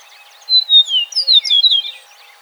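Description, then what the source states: Eastern meadowlark song: one phrase of clear, slurred whistles sliding downward, followed by a quick jumble of high notes, over a faint steady hum. Recorded on 4 January 2007.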